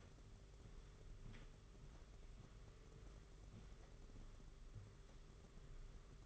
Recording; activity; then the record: daily activity, microphone in the room; walk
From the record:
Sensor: 4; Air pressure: 991.5 hPa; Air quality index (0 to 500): 138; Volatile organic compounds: 57 ppm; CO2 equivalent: 3384 ppm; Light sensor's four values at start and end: 23/76/28/29 and 23/76/28/29